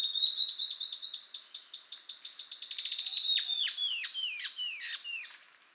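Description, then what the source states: Ocellated antbird song: quick whistled notes climbing gently in pitch and speeding up, then several emphatic downward-slurred whistles fading out. Subspecies mcleannani.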